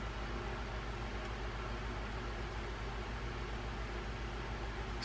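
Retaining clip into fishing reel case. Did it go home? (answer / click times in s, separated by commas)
no / none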